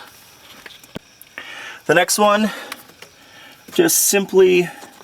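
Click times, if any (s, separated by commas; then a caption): none. While routing a new front ABS speed sensor wire on a 2005–2010 Jeep Grand Cherokee, a plastic retaining clip on the wire is handled and pressed toward its mounting bracket, with a few faint ticks and handling sounds near 0.7–1.4 s and 3.0 s. Someone talks through most of the clip. Nothing has seated or clicked yet.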